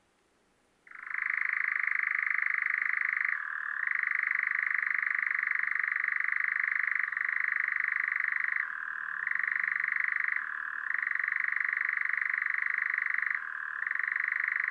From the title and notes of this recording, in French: La piste aux Espagnols - Drôme - Nagra LB - mkh40 - stéréo. Ce soir il est là, perché sur un pin sylvestre en plein sud . Le sol est couvert de buissons de cytises presque en fleurs, bientôt le jaune sera partout. L'oiseau espéré est l'Engoulevent d'Europe (Caprimulgus europaeus) relativement commun mais peu connu car nocturne. Son chant ronronne.